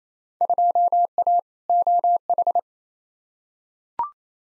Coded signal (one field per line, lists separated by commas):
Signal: Morse code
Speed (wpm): 28 wpm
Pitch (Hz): 700 Hz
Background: none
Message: 2A OH